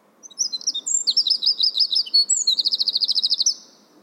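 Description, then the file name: Eurasian wren delivering an energetic, shrill song of quick twittering notes, speeding into a steady rattling trill before stopping abruptly. "Troglodytes troglodytes"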